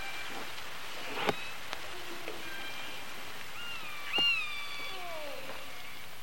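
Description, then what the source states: Killer whale clicks, followed by a short harmonic call and a whistle that dips and trails off, over steady underwater background noise. Resident orca, I15, G-clan; pings.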